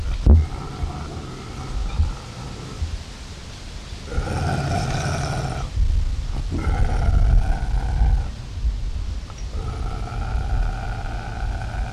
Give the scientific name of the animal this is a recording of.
Lynx lynx